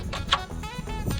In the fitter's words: give it a Twist you're going to hear a click